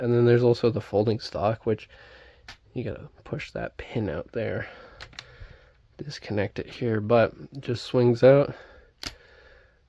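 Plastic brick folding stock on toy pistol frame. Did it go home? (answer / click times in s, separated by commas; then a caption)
yes / 9.1 s. Someone talks while a pin is pushed out on a plastic brick-built Lego P320 toy pistol with Flux Raider, disconnecting its folding stock, which is swung out into its open position. A sharp click at 9.1 s marks the stock locking into place.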